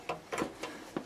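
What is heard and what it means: A pull-down sprayer hose quick-connect fitting is handled at the kitchen faucet supply line connector under the sink, ready to be pushed in. Soft plastic taps and rustles sound around 0.1, 0.4, 0.6 and 1.0 seconds, with a sharper knock at the very end. Nothing has seated or clicked yet.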